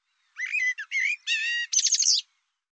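Bird with one phrase of about two seconds: clipped chattering notes, a steady harmonic whistled tone, then a buzzy rasping ending.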